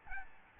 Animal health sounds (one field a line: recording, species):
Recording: mosquito wingbeat signal from an infrared sensor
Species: Aedes albopictus